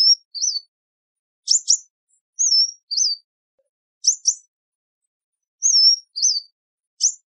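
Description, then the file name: Sunbird calls: sharp high double chips alternating with short wavy whistled notes, repeated in phrases roughly every one and a half seconds, with silence between. "Tieng chim hut mat"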